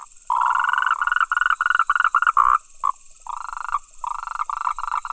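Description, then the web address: Frog calling: a fast run of rough, pulsed croaks, then softer, longer rattling notes with brief pauses between them. Recorded 28 October 2017. "frog rec 20171028"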